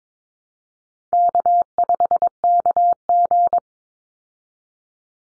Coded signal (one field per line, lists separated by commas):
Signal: Morse code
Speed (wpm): 22 wpm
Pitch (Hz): 700 Hz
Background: none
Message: K5KG